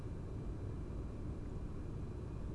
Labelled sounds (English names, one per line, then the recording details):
Song Thrush
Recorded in Germany
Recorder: ecoPi